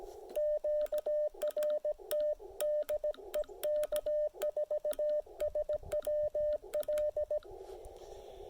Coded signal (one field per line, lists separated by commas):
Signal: Morse code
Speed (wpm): 17 wpm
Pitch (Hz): 600 Hz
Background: radio noise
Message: QRT DE K4SWL